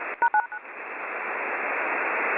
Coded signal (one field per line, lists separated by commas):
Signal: DTMF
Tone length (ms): 80 ms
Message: #9#9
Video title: Something is happening after 22 years our number stations have went live!!!!